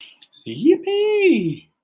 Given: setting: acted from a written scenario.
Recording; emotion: vocal sound without words; elation